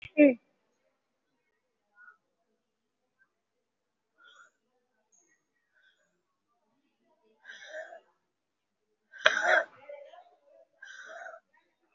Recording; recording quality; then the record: deep breathing; excellent, no background noise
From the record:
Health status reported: COVID-19 positive, moderate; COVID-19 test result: positive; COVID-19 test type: RT-PCR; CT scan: taken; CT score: 3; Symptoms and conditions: cough, cold, breathing difficulty, sore throat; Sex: female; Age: 75 years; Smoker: no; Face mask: worn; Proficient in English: no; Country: India